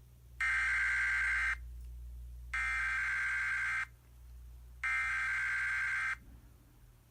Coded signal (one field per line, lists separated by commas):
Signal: Emergency Alert System (SAME) tones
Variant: header bursts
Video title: EAS Test live voice